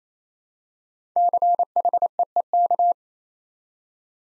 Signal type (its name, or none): Morse code